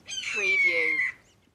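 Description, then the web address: Red-tailed hawk call: one hoarse, raspy scream lasting about a second, slightly descending and harsh-edged, in an otherwise quiet background. Single call. "lynne-publishing Red Tail Hawk"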